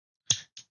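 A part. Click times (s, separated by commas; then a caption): 0.3 s. A scale release button on a folding knife handle is pressed, giving a sharp click at 0.3 s that unlocks the keyed handle scale so it slides up off the frame. A fainter second click follows at about 0.6 s.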